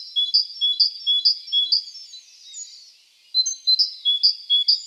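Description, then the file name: Great tit: quick, high repeated notes, a short pause, then the rapid repeated notes resume. "Parus major"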